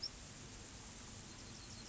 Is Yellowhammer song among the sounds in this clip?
no